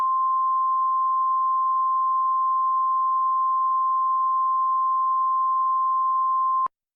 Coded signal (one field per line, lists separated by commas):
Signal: Emergency Alert System (SAME) tones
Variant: 1050 Hz attention tone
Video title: EAS Scenario: An Explosive Hell